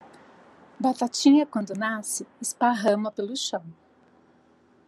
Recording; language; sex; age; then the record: short text; Brazilian Portuguese; female; 50 to 59 years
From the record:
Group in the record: control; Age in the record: 59 years